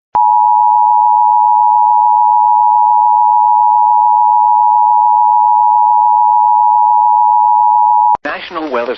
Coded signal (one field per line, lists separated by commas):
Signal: Emergency Alert System (SAME) tones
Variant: 853 and 960 Hz attention tone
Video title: KIH35 SVR (EAS 133)